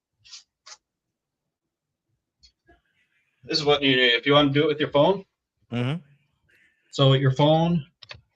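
A phone is being handled next to a small plastic phone-holder adapter, to be pushed in for a hands-free streaming setup, while people talk. A few short clicks and taps of handling are heard, with a sharp short hit near the end. Nothing has seated or clicked into the adapter yet.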